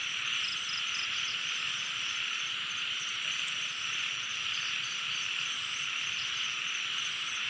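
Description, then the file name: Insects in a dense nocturnal chorus: steady, shrill, unbroken buzzing and ringing in several high bands, with faint brief ticking notes near the top. Night chorus at a jungle pond in Thailand. "thailand jungle night pond frogs insects"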